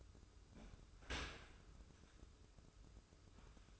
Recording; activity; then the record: daily activity, microphone in the room; open dishwasher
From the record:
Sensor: 2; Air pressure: 995.7 hPa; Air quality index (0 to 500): 97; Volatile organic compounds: 5 ppm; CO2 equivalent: 1801 ppm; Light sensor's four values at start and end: 25/81/32/31 and 25/81/32/31